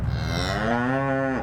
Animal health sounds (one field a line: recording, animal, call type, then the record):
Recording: contact call of a hoofed animal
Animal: cattle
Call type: low-frequency (closed-mouth) or high-frequency (open-mouth) call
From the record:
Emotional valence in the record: negative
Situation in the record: full separation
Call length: 1.43 s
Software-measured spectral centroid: 1910 Hz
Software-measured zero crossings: 1420 a second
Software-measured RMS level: -24 dBFS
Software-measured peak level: -11 dBFS